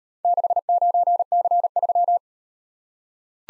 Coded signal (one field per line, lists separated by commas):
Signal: Morse code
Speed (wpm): 36 wpm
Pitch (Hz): 700 Hz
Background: none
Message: 69C3